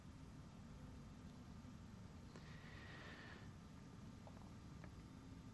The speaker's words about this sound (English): The prison must be near a station. I hear the trains on a night.